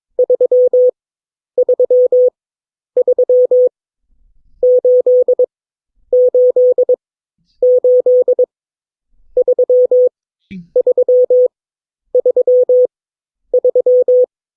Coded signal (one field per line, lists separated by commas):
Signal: Morse code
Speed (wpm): 22 wpm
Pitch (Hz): 500 Hz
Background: none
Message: 3338883333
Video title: CW Class - Session 8 (2026-03-12)